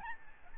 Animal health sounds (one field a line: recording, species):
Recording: mosquito wingbeat signal from an infrared sensor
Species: Aedes albopictus